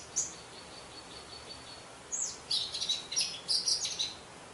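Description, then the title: Orange-headed thrush singing: a few isolated very high notes, then a dense phrase of high twittering, chattering notes in the latter half. "Anis Merah"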